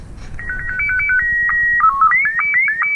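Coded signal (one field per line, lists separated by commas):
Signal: SSTV (slow-scan television)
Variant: Scottie 1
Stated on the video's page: SSTV made with two free phone apps and a radio.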